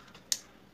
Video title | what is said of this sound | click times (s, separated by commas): ct100 full engine fitting/platina full engine fitting | click किया, अब आप इसको मूव करके देखिए | 0.3 s